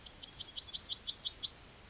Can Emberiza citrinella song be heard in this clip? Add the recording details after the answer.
yes. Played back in grassland. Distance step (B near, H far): E. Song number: 144